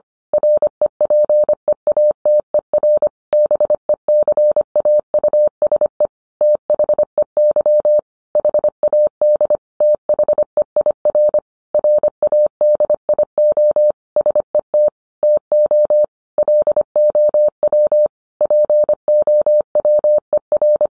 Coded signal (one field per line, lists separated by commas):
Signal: Morse code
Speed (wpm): 25 wpm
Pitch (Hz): 600 Hz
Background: none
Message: REPEATER BECAUSE THEY HAD THEIR RADIO SET TO LOW POWER